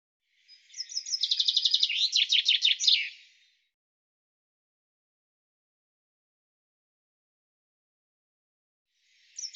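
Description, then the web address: Bird song: one complete phrase, a trill of high notes ending in a descending flourish, then a long pause before the next phrase starts. "cianscape birddata Deverinetal 2025 Bird Fr Co"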